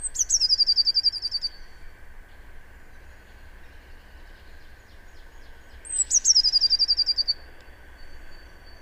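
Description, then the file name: Eurasian blue tit trilling twice, about six seconds apart: each burst starts with a high thin note, then a fast run of descending notes, with a constant background hum. "Cyanistes caeruleus"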